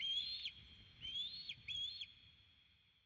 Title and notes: Osprey Y Sus Pollxs. espera en el nido a ser alimentada por sus progenitores